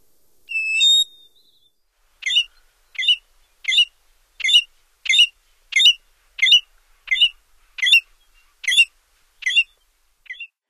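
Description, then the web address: American golden-plover calls: one longer whistled note, then a run of short, sharp whistled notes repeated about every three quarters of a second, with no other sounds. North America. "Songs of Birds of North America Stokes. American Golden-Plover"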